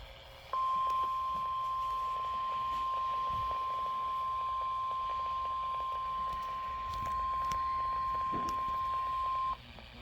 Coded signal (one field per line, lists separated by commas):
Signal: Emergency Alert System (SAME) tones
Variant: 1050 Hz attention tone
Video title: eas tor Eas#323- 324)